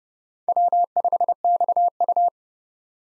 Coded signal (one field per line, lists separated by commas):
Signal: Morse code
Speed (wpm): 30 wpm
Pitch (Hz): 700 Hz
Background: none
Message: W5XU